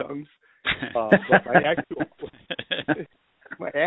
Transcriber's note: laughter